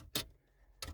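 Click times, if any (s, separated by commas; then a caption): 0.2 s, 0.8 s. Two metal radio removal keys are pushed into the slots of a Ford car head unit (Fusion, Fiesta, Focus or Transit), giving two sharp clicks at about 0.2 s and 0.8 s. Both keys seat and stay in place in the head unit.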